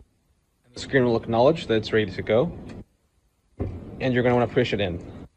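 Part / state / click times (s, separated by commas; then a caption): sample tray into gel imager / not seated / none. A blue sample tray is being readied to push into a gel imager, where a small click will mark that it has reached the right position. Someone talks throughout. Nothing has clicked or seated yet.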